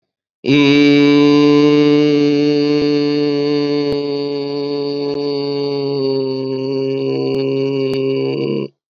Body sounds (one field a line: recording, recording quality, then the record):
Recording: sustained vowel as in beet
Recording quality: excellent, no background noise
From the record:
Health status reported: COVID-19 positive, mild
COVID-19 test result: positive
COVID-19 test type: RT-PCR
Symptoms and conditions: cough, fever, muscle pain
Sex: male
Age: 50 years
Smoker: no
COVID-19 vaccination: both doses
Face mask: not worn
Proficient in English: no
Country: India